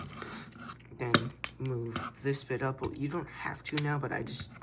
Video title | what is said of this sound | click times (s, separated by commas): Red is always sus… Studio series DOTM Sentinel review | go up here and it will tap into place. You'll hear a nice little click. | 0.2 s